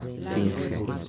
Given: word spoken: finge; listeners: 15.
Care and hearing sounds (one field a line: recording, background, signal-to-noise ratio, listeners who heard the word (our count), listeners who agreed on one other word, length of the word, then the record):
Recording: one Spanish word in noise, from a listening test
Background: eight-talker babble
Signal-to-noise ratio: -0.6 dB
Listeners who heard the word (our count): 1 of 15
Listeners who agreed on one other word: 12 of 15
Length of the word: 0.69 s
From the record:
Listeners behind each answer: 12, 1, 1, 1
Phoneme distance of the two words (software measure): 7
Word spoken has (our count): 2 syllables, 5 phonemes, stress on syllable 1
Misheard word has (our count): 2 syllables, 6 phonemes, stress on syllable 1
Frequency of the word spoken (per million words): 2.03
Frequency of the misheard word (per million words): 0.13